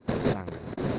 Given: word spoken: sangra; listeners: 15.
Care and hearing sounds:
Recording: one Spanish word in noise, from a listening test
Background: noise modulated by one talker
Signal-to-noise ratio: -9.4 dB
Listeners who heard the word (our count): 0 of 15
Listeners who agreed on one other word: 13 of 15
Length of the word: 0.59 s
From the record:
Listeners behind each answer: 13, 1, 1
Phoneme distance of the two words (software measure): 10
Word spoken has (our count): 2 syllables, 6 phonemes, stress on syllable 1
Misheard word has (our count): 2 syllables, 6 phonemes, stress on syllable 1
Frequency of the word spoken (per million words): 0.91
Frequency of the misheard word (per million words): 136.32

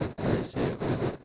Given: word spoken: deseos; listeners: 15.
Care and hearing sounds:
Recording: one Spanish word in noise, from a listening test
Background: noise modulated by one talker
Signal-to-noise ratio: -11.5 dB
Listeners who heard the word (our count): 0 of 15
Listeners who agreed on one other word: 7 of 15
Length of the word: 0.85 s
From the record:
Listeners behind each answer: 7, 1, 1, 1, 1, 1, 1, 1, 1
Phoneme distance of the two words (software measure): 7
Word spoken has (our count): 3 syllables, 6 phonemes, stress on syllable 2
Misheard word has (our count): 3 syllables, 5 phonemes, stress on syllable 2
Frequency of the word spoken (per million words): 34.30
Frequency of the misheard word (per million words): 95.03

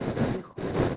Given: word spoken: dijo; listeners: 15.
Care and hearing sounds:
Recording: one Spanish word in noise, from a listening test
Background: noise modulated by one talker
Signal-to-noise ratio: -12.8 dB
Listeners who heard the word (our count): 2 of 15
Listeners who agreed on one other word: 7 of 15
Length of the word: 0.57 s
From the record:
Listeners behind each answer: 7, 5, 2, 1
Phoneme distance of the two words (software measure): 7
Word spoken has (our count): 2 syllables, 4 phonemes, stress on syllable 1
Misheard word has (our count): 2 syllables, 3 phonemes, stress on syllable 1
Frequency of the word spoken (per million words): 711.01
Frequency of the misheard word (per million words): 198.59

